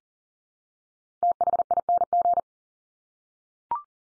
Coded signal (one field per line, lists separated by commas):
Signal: Morse code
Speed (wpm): 38 wpm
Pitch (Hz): 700 Hz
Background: none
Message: THING